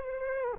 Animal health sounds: mosquito wingbeat signal from an infrared sensor; Aedes aegypti

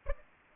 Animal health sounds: mosquito wingbeat signal from an infrared sensor; Aedes aegypti

